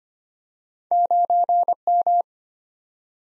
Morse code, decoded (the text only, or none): 9M